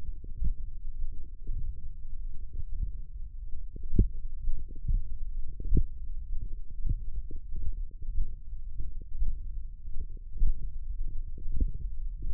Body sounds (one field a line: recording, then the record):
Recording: forearm muscle sounds (acoustic myography)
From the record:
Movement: hook grip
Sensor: system 1, eight BSWA MPA416 microphones around the upper forearm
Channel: 6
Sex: female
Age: 22 years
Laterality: right